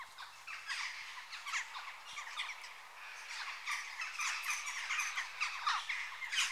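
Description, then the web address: Western jackdaws giving rough, clipped chack calls, several birds overlapping in an irregular stream that grows busier toward the end. Adult birds. "BBC Sound Effects Library (Birds) Jackdaw (Corvus Monedula) Adults"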